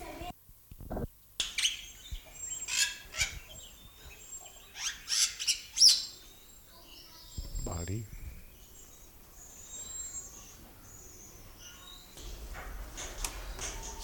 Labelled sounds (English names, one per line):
Black-winged Starling